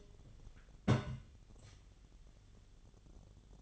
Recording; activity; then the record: daily activity, microphone in the room; place on stove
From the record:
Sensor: 4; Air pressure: 1010.9 hPa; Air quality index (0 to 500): 166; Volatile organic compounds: 4 ppm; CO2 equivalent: 1692 ppm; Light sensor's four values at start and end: 40/114/46/47 and 40/116/46/48